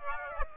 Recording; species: mosquito wingbeat signal from an infrared sensor; Aedes aegypti